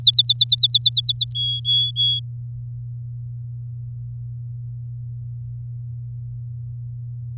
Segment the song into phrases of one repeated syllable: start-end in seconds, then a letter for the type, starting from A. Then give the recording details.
0.02-1.32 A, 1.35-2.20 B. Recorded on 9 May 2018 at 15:05. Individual llb16